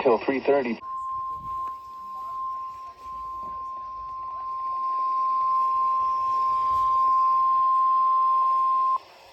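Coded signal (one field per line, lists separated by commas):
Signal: Emergency Alert System (SAME) tones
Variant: 1050 Hz attention tone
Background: speech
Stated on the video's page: Real EAS alerts.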